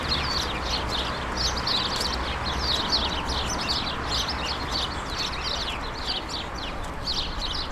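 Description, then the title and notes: Sparrows chirping in a dense, overlapping chorus of short high chirps throughout, with a steady low background rumble. Countless sparrows gathered in a hedge on Urbanstraße, attracted by birdseed balls hung there by residents; recorded January 17, 2009. "urbanstraße: spatzen in einer hecke - the city, the country & me: sparrows in a hedge. unzählige spatzen, angelockt von meisenknödeln, die von anwohnern in einer hecke angebracht wurden. january 17, 2009"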